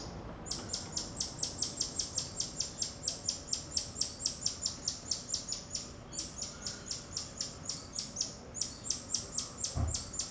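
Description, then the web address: Bird chirping, sharp high chirps repeated quickly in a steady run with a few brief pauses, over a soft outdoor hum. Outdoor ambience in a suburb of Rio de Janeiro. "Monte Sound - Atmospheres of Rio de Janeiro AMB External Rio Subburb Birds Dogs Monkeys"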